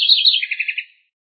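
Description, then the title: House wren song: a brief high jumble of quick notes running into a short rattling trill, all within about one second. "cURRUIRA"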